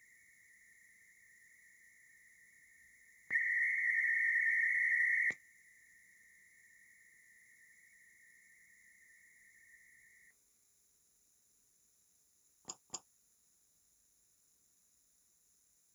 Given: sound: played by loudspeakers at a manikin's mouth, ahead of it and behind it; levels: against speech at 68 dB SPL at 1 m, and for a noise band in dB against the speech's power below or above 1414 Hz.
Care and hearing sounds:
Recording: test signals for a remote microphone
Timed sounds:
0.00-3.30 s: noise band at 2000 Hz, -13 dB
3.30-5.30 s: noise band at 2000 Hz, +22 dB
5.30-10.30 s: noise band at 2000 Hz, -13 dB
12.68 s: click
12.93 s: click
From the record:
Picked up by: remote microphone A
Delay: 47 ms

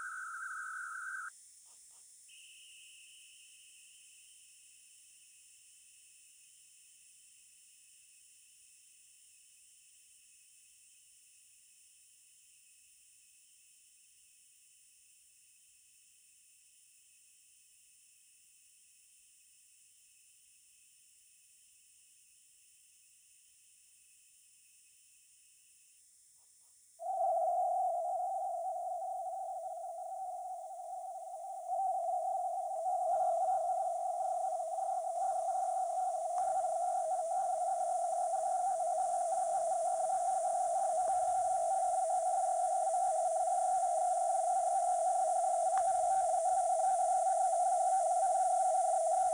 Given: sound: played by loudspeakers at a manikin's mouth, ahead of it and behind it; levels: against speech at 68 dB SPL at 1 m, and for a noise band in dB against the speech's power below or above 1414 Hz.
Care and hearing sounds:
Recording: test signals for a remote microphone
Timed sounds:
0.00-1.28 s: noise band at 1414 Hz, as loud as that band is in speech
2.28-25.98 s: noise band at 2828 Hz, as loud as that band is in speech
26.98-31.68 s: noise band at 707 Hz, -10 dB
31.68-36.38 s: noise band at 707 Hz, -5 dB
36.38-41.08 s: noise band at 707 Hz, 0 dB
41.08-45.77 s: noise band at 707 Hz, +5 dB
45.77-49.34 s: noise band at 707 Hz, +10 dB
From the record:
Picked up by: remote microphone C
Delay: 23 ms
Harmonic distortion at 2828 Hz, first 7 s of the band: under -9 dB (system noise only)

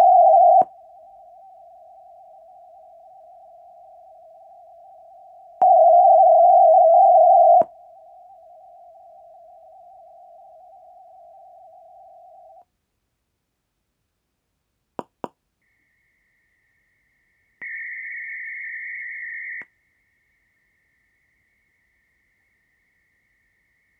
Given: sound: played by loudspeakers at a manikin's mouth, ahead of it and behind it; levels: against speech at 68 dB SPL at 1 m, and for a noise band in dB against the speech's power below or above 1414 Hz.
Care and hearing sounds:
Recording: test signals for a remote microphone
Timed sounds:
0.00-0.62 s: noise band at 707 Hz, +22 dB
0.62-5.62 s: noise band at 707 Hz, -13 dB
5.62-7.62 s: noise band at 707 Hz, +22 dB
7.62-12.62 s: noise band at 707 Hz, -13 dB
14.99 s: click
15.24 s: click
15.62-17.62 s: noise band at 2000 Hz, -13 dB
17.62-19.62 s: noise band at 2000 Hz, +22 dB
19.62-24.00 s: noise band at 2000 Hz, -13 dB
From the record:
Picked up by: measurement microphone

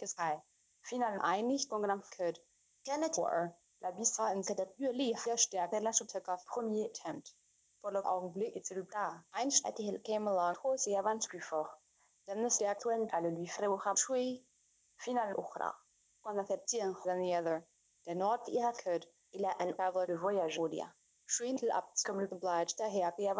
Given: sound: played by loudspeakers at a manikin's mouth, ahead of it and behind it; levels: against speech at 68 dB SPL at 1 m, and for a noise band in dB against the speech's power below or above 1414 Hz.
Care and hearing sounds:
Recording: test signals for a remote microphone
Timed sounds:
0.00-23.40 s: speech test signal (ISTS)
From the record:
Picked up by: remote microphone B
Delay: 24 ms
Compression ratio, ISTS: 1.85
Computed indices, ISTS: SII 0.995, HASPI 0.987, HASQI 0.342 (non-linear 0.414, linear 0.827), ESTOI 0.825

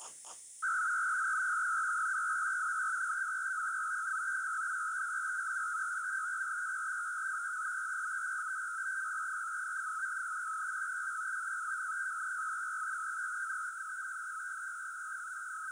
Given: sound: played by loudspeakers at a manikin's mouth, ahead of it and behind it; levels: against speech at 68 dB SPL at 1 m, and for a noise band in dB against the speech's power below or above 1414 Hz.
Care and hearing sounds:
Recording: test signals for a remote microphone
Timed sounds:
0.62-15.72 s: noise band at 1414 Hz, as loud as that band is in speech
From the record:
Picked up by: remote microphone C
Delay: 23 ms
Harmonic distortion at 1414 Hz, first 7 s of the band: under -40 dB

